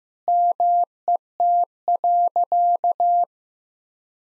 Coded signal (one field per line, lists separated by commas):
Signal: Morse code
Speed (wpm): 15 wpm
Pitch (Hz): 700 Hz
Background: none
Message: MET.